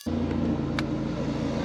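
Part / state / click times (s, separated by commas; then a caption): spark plug wire boot onto a spark plug in a boat engine / seated / 0.8 s. A plug wire boot is pushed onto a newly installed spark plug in the engine of a 2005 Supra 24SSV boat, with a steady low rumble underneath throughout. A short, bright snap is heard at 0.8 s as the boot clicks home, and the boot is seated on the plug.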